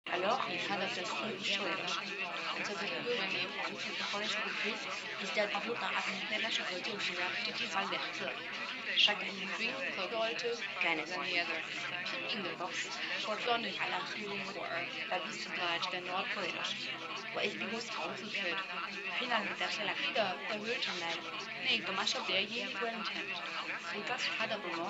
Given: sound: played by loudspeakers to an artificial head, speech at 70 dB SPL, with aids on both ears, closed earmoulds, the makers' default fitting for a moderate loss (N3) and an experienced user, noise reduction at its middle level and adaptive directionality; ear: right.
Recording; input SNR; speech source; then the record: speech test signal (ISTS) in cocktail-party noise; -3 dB; in front (0 degrees)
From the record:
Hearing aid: class 1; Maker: F